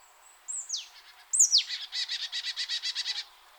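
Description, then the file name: Marsh tit call: two sharp, high notes sweeping steeply downward, followed by a rapid run of many buzzy, nasal notes. "Poecile palustris"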